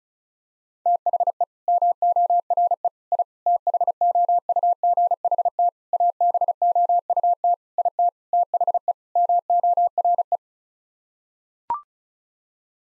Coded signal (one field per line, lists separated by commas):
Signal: Morse code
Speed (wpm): 36 wpm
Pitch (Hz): 700 Hz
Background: none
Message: THE MORE I THOUGHT ABOUT IT THE MORE